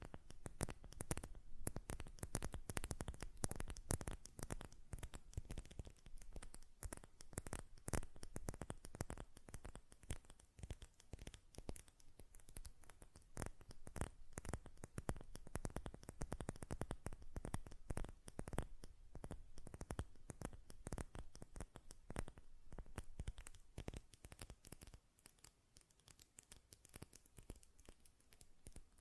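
Rapid, dense glass perfume bottle tapping and lid clicks, sharp bright ticks packed closely throughout, steady pace with brief sparser moments.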